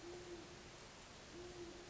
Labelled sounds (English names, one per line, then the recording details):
Great Horned Owl
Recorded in Sonoma County, California